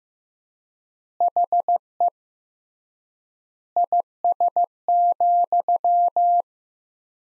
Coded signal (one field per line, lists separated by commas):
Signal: Morse code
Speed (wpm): 15 wpm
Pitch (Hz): 700 Hz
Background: none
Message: HE IS,